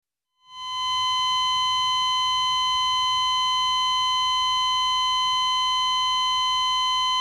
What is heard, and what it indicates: Electrocardiogram flatline.